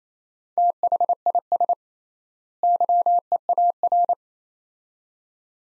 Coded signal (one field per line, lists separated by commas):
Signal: Morse code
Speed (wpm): 28 wpm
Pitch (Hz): 700 Hz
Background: none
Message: THIS YEAR